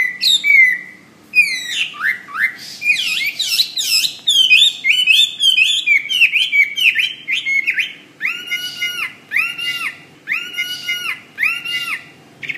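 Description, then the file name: Hwamei song, loud and varied: slurred whistles and rapid chirps, later a repeated looping phrase. "omkicau hwamey"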